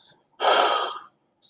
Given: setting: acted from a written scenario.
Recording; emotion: vocal sound without words; disappointment